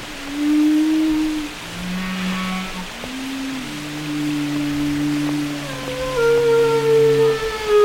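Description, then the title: Whale song with long, steady low moans, a short arched call and higher tones toward the end. Whale songs said to carry messages used in communication and social life. "Whale Wisdom: Understanding the Language of the Deep"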